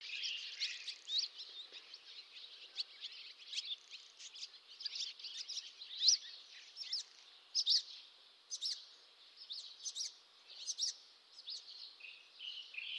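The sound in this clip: Barn swallow twittering, a busy stream of chirps with sharp high chips standing out about every second.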